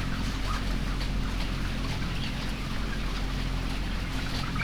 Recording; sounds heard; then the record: poultry house recording; healthy chickens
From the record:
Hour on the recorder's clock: 12